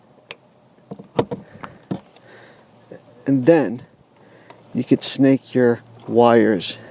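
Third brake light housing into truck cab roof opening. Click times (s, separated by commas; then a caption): 0.3 s. An ANZO smoked-out LED third brake light housing, with its connector moved to the centre, is pushed into the cab-roof opening of a Ford F-150 pickup and snaps into place with a sharp, loud click at 0.3 s. A few quieter knocks follow over the next two seconds. Someone then talks.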